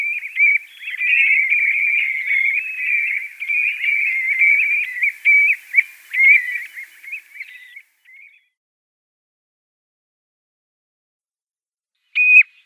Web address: Schulze Peter Ringed Plover calls